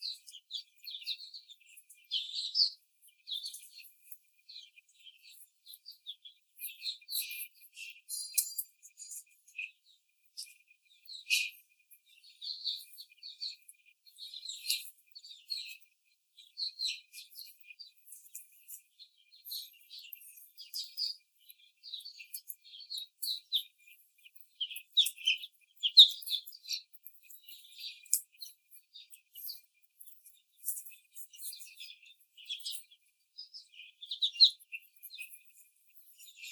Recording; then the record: young laying hens in a cage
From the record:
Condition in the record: after the stressor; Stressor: simulated dog barking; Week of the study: 4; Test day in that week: 2